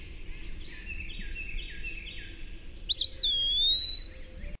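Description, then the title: Eastern wood pewee: a single plaintive whistle rising sharply, then dropping and holding a long even note, after quieter chirping. "LuckyPassaro Completos2Sama. Eastern Wood Pewee (Contopus virens)"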